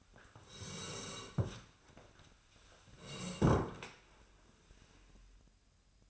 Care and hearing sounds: daily activity, microphone in the room; sit down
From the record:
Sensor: 2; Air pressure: 1015.2 hPa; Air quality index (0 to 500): 132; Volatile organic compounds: 4 ppm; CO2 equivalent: 1694 ppm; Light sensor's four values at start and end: 11/29/11/13 and 12/32/12/14

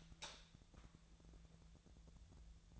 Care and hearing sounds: daily activity, microphone in the room; light on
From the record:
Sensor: 3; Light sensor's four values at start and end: 46/116/50/55 and 48/124/53/58

